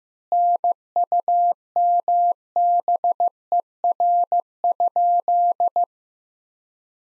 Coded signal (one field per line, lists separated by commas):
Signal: Morse code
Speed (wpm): 16 wpm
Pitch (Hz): 700 Hz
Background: none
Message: NUMBER?